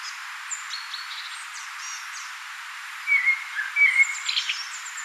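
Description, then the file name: Common blackbird with faint high twitters early on, then a clearer mellow whistled phrase followed by a squeaky, scratchy ending. "Turdus merula"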